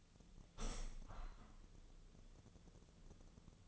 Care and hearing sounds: daily activity, microphone in the room; open window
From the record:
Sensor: 4

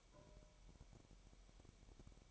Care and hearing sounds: daily activity, microphone in the room; take from stove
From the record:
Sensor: 1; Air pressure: 1012.1 hPa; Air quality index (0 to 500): 219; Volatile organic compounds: 5 ppm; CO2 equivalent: 1754 ppm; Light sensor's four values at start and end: 74/177/75/79 and 74/177/75/79

